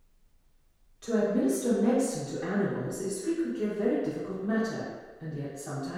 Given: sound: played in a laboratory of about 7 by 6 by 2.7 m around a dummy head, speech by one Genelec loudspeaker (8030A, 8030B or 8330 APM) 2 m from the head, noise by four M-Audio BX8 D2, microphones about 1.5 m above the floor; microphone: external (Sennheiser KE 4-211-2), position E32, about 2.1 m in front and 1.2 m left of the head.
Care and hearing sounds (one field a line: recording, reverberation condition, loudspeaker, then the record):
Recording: female speech in English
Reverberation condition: high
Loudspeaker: 150 degrees to the right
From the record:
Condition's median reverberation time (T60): about 1300 ms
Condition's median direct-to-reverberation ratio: about -4.0 dB